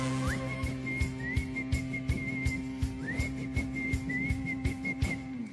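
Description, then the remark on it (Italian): Someone whistles a tune on a single high note, sliding up into it and holding it in short and long stretches over a steady beat and a low sustained backing tone. “È anche facile da fischiettare.”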